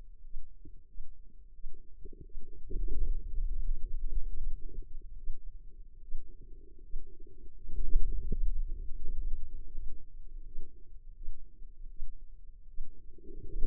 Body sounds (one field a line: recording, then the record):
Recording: forearm muscle sounds (acoustic myography)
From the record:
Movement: hand opening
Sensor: system 2, bracelet of six BSWA MPA416 microphones around the upper forearm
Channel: 1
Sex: female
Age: 25 years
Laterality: right